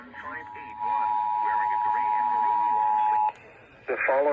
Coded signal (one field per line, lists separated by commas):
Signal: Emergency Alert System (SAME) tones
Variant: 853 and 960 Hz attention tone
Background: speech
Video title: EAS 170-171 CAE (2/17/24)